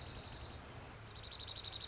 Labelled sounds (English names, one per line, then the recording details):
Dark-eyed Junco
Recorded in Sonoma County, California